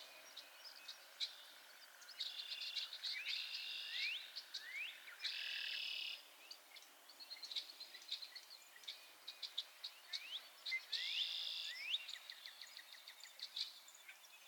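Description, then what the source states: Frog chorus of high, sharply rising peeps with a few loud buzzy bursts, callers overlapping irregularly. Chorus of frogs crooning to one another on a summer evening, Miners Marsh, Annapolis Valley, Nova Scotia.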